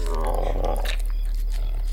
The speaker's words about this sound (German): Lediglich das Schmatzen des Tieres war noch zu vernehmen.